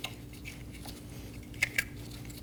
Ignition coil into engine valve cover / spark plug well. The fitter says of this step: Push it down until you hear it click into place.